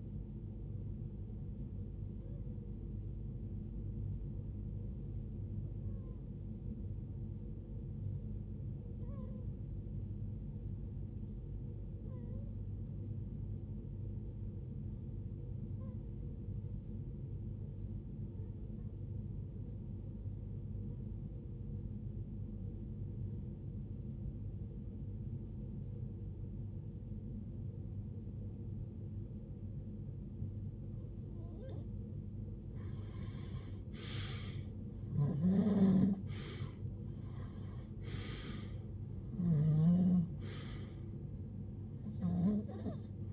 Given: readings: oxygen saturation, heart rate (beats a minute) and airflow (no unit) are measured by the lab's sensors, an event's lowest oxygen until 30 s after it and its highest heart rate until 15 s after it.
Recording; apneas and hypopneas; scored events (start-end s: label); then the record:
breathing in sleep by a smartphone at the bedside; 1
3.00-33.90 s: hypopnea (REM, oxygen 95% highest, then 89% lowest, heart rate 59 at the start, 75 highest)
From the record:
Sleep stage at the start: REM sleep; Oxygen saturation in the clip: 91 to 95%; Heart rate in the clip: 50 to 75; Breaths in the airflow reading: 11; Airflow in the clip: -20.0 to 19.5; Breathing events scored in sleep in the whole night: 389 in 6.3 hours asleep